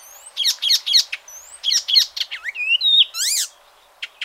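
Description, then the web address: Bird calls: quick high chirps in bursts, then a rising whistled slur and a rapid buzzy trill, ending with a short faint chirp after a pause. "ornitologiya slovar Ptichki"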